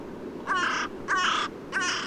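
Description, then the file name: Carrion crow calls: three harsh, hoarse caws in quick succession, each rough and evenly loud. "Corvus corone"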